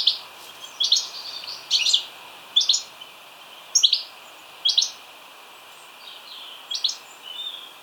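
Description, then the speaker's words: European goldfinch giving bright tinkling call notes in short bursts, roughly every second, high-pitched and twittering, with a few softer notes toward the end. Announces its arrival with a series of tinkling notes. "Usually I can hear them before I see them, as they announce their arrival with a series of tinkling notes."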